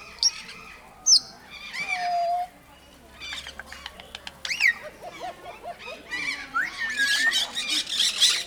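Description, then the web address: Grey parrot whistles, sharp upslurs and a smooth falling note, followed by a run of short pulsed calls and dense squawking toward the end. At Nyíregyháza Zoo in 2019, calm surroundings. "allathangok nyiregyhazizoo 2019 professzionalis jako papagaj nyugiskornyezet nyiregyhaza"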